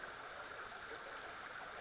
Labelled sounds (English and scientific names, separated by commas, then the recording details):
Western Flycatcher (Empidonax difficilis)
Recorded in Sonoma County, California